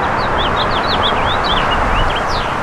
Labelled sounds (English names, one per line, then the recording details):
House Finch song
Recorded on Long Island, New York, on 1 June 2012
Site AS
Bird C